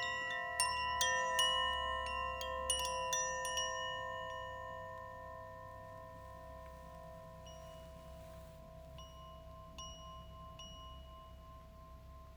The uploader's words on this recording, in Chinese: 浪漫 是：蓝风铃。叮铃铃铃。一些迎接春日的声音。